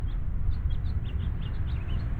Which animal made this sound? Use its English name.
House Finch